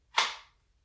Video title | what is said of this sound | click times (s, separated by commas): Overview of owb duty style kydex holsters | Nice little click there. | 0.2 s